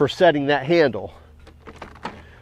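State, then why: Seated. Someone talks briefly, then the folding handle of a Ryobi 40V HP 21" Whisper Series AWD self-propelled lawn mower is pivoted on its switch-released hinge, with a few light knocks and rattles from about 1.4 s. At 2.1 s a sharp click is heard as the handle latch locks into its notch on the mower frame, seating it in place.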